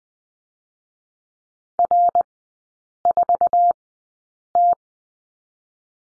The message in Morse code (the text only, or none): R 4 T